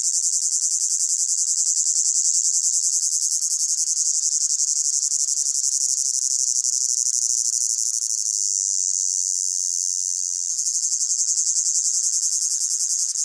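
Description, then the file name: Cicada buzzing, a continuous high-pitched hiss with fine rapid pulsing throughout, dipping slightly in strength near ten seconds before swelling again. Close-up, pulsating, high-pitched buzz. "gain walkers CICADA Close Up Pulsating Buzz High Pitched"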